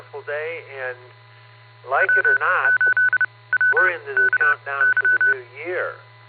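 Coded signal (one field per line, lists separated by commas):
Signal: Morse code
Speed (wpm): 30 wpm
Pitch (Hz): 1500 Hz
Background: speech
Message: W8WKY E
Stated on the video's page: Barometer net on the 147.39+ repeater, 114.8 PL, received on a Flex 6700 with DownEast Microwave preamp and Mosley 5/8 base antenna, livestreamed.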